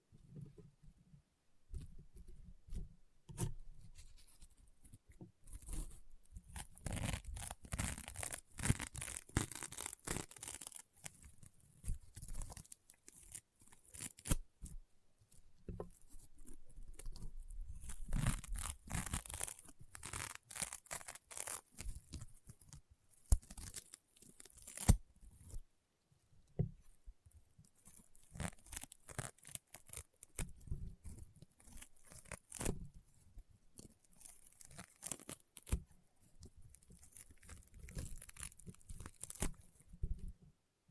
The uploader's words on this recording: ASMR EXTREME CRUNCHY AND POPPING SOUNDS Rainbow Honeycomb Slime (No Talking).